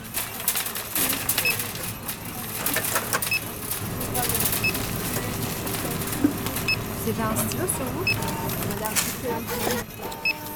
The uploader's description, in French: Immersion dans un supermarché rue de Montorgueil, avec ses bruits de cadis, de pièces, de paquets de chips, de bip bip